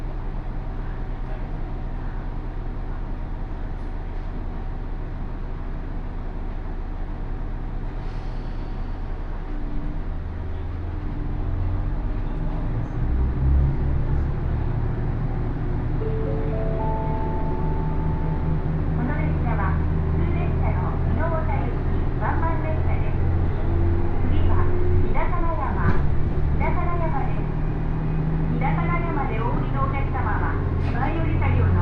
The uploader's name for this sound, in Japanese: 高山本線普通 上呂→下油井